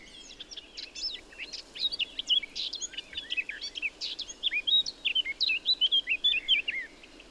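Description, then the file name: Eurasian blackcap song: quiet twittering that grows into a loud run of varied whistles and scratchy notes, ending in clear fluted phrases. "Sylvia atricapilla"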